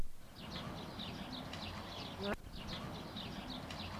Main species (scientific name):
Branta sandvicensis